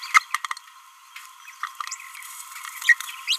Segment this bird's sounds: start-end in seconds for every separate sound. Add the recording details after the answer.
1.63-1.68, 2.84-2.95, 3.27-3.37. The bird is a female. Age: 26 days. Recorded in a nest box in Venezuela. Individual 17B31A3